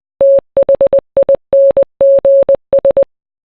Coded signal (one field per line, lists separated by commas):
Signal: Morse code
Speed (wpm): 20 wpm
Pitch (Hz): 550 Hz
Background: none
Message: THINGS